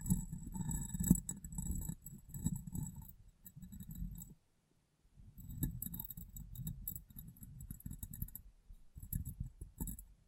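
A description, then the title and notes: Rapid tapping and rubbing on glass, a dense run of light knocks with a low thudding body and thin, bright clinks on top. The tapping goes on steadily, then drops to near silence around four to five seconds before resuming with bursts through the end. ASMR Glass Brain Tapping & Cleaning (No Talking).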